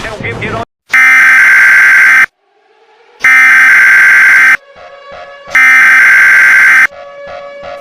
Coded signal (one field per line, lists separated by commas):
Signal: Emergency Alert System (SAME) tones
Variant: header bursts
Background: speech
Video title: Toxic Rain: An EAS Scenario